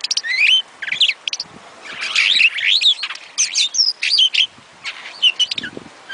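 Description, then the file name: Starling chattering song, fast bursts of squeaky chirps and looping whistled notes, some rising, with little pause between phrases. "suara-kicauan-jalak-afrika omkicau"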